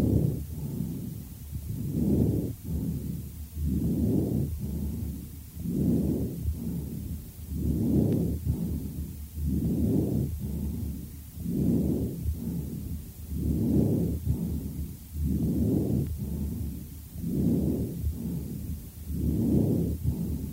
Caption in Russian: Больного, страдающего вторичными бронхоэктазами на фоне хронического бронхита в левой аксиллярной области. В данном случае выслушивается жесткое дыхание.